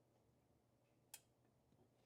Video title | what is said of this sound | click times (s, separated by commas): National Cash Register- Model 317 | Nice little click. | 1.1 s